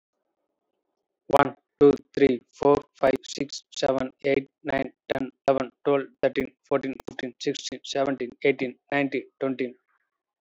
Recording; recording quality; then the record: counting at a fast pace; excellent, no background noise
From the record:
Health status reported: healthy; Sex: male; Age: 37 years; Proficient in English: yes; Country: India